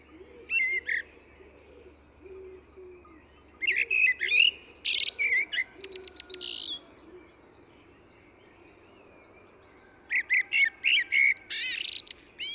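Eurasian blackbird singing three bursts of warbling song, mellow whistles mixed with scratchy high twitters, separated by quiet gaps.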